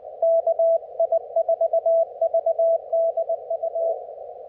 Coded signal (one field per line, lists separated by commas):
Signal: Morse code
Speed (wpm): 19 wpm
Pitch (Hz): 660 Hz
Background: none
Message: KI4VDU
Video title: 11-26-25 Afternoon POTA Activation At US 9935